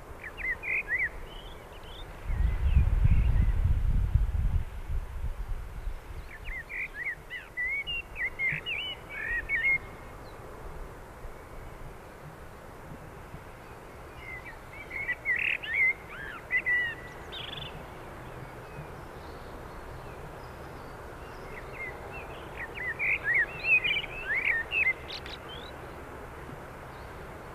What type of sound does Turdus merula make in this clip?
song